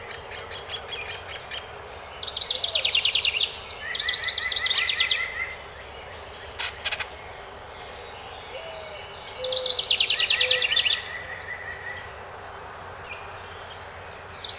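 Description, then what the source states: House wren song: several cascading, gurgling trills in bouts, overlapping another bird's repeated notes, with a few sharp clicks in between. Recorded 12 May 2018.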